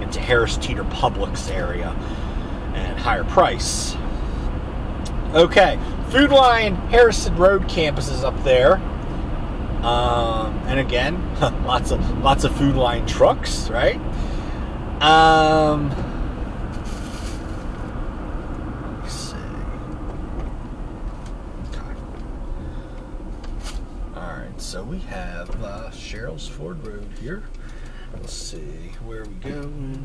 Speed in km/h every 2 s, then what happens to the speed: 82, 82, 82, 84, 84, 82, 79, 74, 64, 52, 44, 34, 23, 15, 6.
0-9 steady at about 82. 9-30 brakes to 6.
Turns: 26-28.